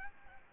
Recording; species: mosquito wingbeat signal from an infrared sensor; Aedes aegypti